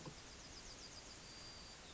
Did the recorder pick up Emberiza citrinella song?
yes